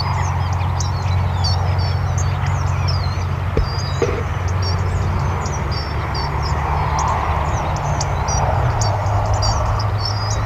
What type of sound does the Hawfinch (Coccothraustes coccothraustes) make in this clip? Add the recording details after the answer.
call. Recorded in the wild. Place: Wegfurt, DE. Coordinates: 50.3972, 10.0869. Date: 1964-04-03. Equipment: Uher Report 4000, AKG D190. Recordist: Krey, Winfried